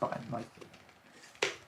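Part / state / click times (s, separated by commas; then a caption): dust cup onto handheld vacuum body / seated / 1.4 s. Someone talks while a plastic dust cup is matched to its grooves on the body of a Eufy HomeVac H11 Pure cordless handheld vacuum, pressed in, and turned toward the lock button. A sharp click at 1.4 s marks the dust cup twist-locking into place, seated and secure.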